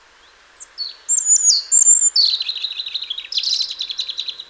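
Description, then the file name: European robin song: thin high whistles, then a tumbling run of rapid warbled and trilled notes sliding between high and mid pitch. "Erithacus rubecula"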